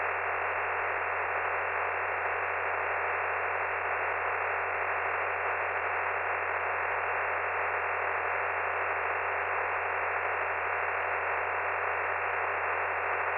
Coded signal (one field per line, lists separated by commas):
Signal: digital SSTV (DRM)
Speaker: just put it on tx if you want to send it